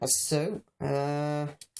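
Plastic sections of a Revenge of the Fallen Sideswipe transforming robot figure are handled and moved into position during transformation, parts that lock into place. Someone talks over the handling, with a long held tone in the middle. Nothing has seated or clicked yet.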